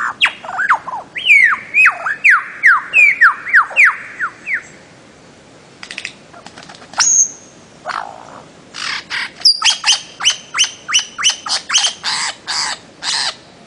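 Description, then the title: Bird-of-paradise song: a quick run of down-slurred whistles, a pause, then a fast series of sharp, clipped notes. Master song recording made for training songbirds. "Kicau Master Cendrawasih"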